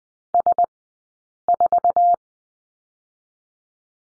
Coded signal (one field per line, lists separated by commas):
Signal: Morse code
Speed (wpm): 20 wpm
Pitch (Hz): 700 Hz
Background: none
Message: S 4